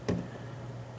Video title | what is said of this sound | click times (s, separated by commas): Rekeying A Door Knob | pops into place and it doesn't quite go use your tool here make sure it snaps on | 0.1 s, 1.0 s